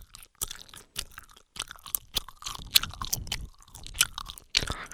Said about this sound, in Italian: Dà fastidio, vero? Quando uno ti mastica così nell'orecchio. Io non lo sopporterei.